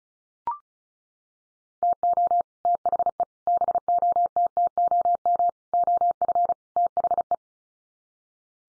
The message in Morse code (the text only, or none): TO THE BOTTOM OF THE